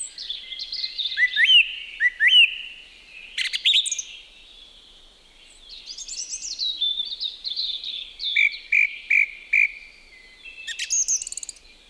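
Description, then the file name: Song thrush singing: a hooked whistle given twice, then later a clear note repeated three times, among other bright, varied phrases with short gaps. "laulurastas"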